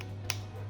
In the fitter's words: You can hear that click.